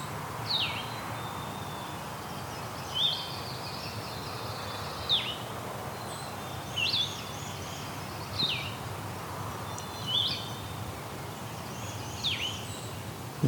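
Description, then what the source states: Blue-headed Vireo song of repeated short slurred whistled phrases over a hissy background. Heard live in the field; song likened to the red-eyed vireo's but blurrier, like 'vireo' with a bit of sweetness to it.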